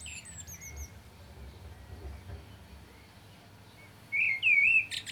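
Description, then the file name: Common blackbird singing: a few faint high chirps, then a loud wavering whistled phrase near the end, closed by a short high twitter. "Turdus merula"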